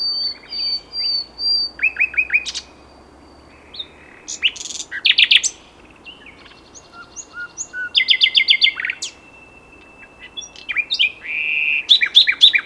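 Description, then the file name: Common nightingale song in varied phrases: pure whistles, rapid repeated chirps and dry clicks, broken by short pauses. "Luscinia megarhynchos"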